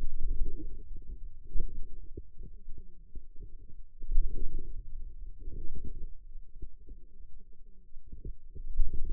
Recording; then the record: forearm muscle sounds (acoustic myography)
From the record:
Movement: wrist extension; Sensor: system 2, bracelet of six BSWA MPA416 microphones around the upper forearm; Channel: 5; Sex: female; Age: 21 years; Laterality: right